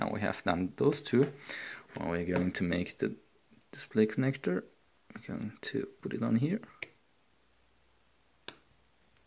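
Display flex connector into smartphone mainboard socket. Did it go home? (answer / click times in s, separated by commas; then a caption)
yes / 8.5 s. A display flex cable connector is pressed onto its mainboard socket inside a Huawei Honor 4c (Huawei G Play Mini) smartphone while someone talks. After the talking stops, a single sharp click sounds at 8.5 seconds as the connector snaps home and seats.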